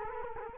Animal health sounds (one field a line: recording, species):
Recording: mosquito wingbeat signal from an infrared sensor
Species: Culex quinquefasciatus